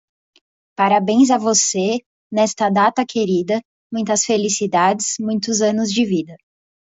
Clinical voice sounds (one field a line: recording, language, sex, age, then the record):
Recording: short text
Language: Brazilian Portuguese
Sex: female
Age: 20 to 29 years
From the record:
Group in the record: control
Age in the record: 25 years